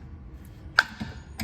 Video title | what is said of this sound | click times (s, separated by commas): Yamaha Blaster 200 - Engine Rebuild! | So that was my final loud click. It sounded like that was it. | 0.8 s